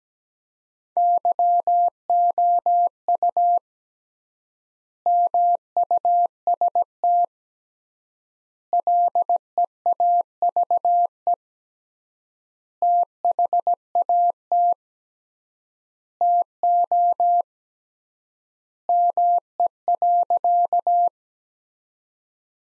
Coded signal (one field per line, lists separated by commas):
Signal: Morse code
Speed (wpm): 17 wpm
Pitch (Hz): 700 Hz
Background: none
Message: YOU MUST LEAVE THAT TO ME.